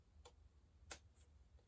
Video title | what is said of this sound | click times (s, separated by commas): 007 Aston Martin DB5 part 1 #lego #legobuild #007 #jamesbond #astonmartin #76911 | You'll kind of hear it kind of snapping. | 0.3 s, 0.9 s